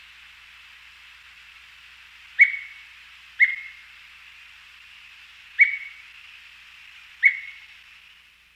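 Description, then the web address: Gray-headed manakin giving four short, sharp whistled notes, spaced unevenly about one to two seconds apart over a soft steady hiss. South America. "Natures Songs S America Gray-Headed Manakin"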